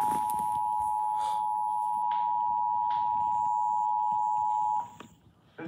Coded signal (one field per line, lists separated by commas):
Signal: Emergency Alert System (SAME) tones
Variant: 853 and 960 Hz attention tone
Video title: A Required Monthly EAS Test